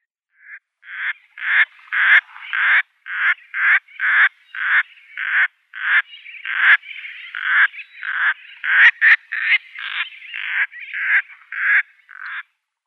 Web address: Schulze Peter Sooty Tern